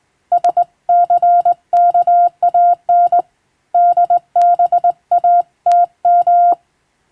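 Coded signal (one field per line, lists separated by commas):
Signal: Morse code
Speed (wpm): 20 wpm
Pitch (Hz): 700 Hz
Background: none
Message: SCKAN DBATM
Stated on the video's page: Morse receiving practice for amateur radio, sent by a first-class radiotelegraph operator from a Latin-alphabet telegram sending practice book.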